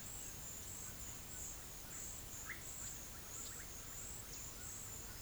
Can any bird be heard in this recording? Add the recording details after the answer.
yes. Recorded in pastures near Puerto Asís, Putumayo, Colombia, on 13 March 2025 at 10:30. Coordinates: 0.505, -76.324. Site GP08